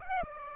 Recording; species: mosquito wingbeat signal from an infrared sensor; Aedes aegypti